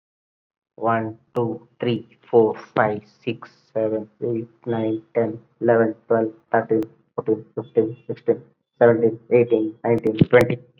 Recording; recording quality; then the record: counting at a normal pace; excellent, no background noise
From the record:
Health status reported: COVID-19 positive, moderate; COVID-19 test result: positive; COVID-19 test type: RT-PCR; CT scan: not taken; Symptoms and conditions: cough, sore throat, fatigue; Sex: male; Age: 31 years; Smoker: no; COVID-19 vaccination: both doses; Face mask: not worn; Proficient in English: yes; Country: India